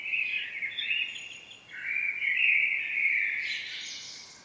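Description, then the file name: Common blackbird song with continuous fluty warbling phrases that shift in pitch and finish in a higher, thinner twitter. "Turdus merula"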